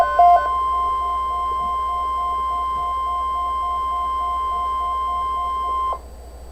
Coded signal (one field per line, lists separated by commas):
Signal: Emergency Alert System (SAME) tones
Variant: 1050 Hz attention tone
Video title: NOAA - Severe Thunderstorm Watch #520 (EAS #981)